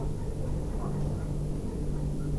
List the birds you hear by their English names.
none